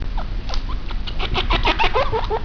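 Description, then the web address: Chinchilla squeaking in quick chirpy bursts, short high notes repeated several times a second, growing busier toward the end over a low rumbling background. Pet chinchilla making mating sounds. "peppi chinchilla"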